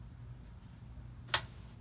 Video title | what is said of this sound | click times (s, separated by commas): 2016 NISSAN TITAN XD CUMMINS DIESEL FUEL FILTER CHANGE | can hear it click once it locks into place you're secure | 1.3 s